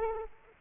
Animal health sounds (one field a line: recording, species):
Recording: mosquito wingbeat signal from an infrared sensor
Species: Aedes aegypti